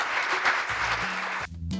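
Dense, steady applause for the show's sound operator on the cumbia radio program Gladiador de la Cumbia, with a low tonal hum underneath, fills most of the moment, then the clapping cuts off abruptly and gives way to a brief pitched, musical-sounding tone.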